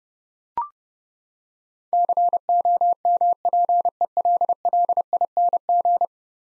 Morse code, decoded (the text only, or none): COMPELLING